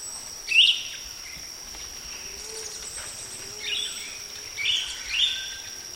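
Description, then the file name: Asian glossy starling giving sharp, high chirping calls, one loud note near the start and a few softer ones later. "Golosa ptic - Malajskij aplonis Aplonis panayensis"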